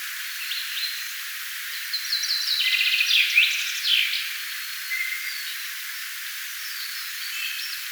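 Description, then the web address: Song thrush giving varied, clear phrases with quick repeated notes, half buried in constant hissing noise. First song thrush song of this spring, recorded 25 April 2025. "25 4 2025 ensimmaisen laulurastaan laulua tana kevaana"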